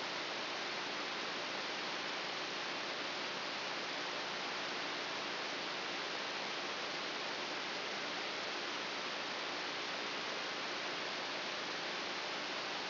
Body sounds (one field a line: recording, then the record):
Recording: brain microelectrode recording played as sound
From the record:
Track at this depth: inside the subthalamic nucleus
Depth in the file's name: 2.802 mm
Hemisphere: right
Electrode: 3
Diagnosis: Parkinson's disease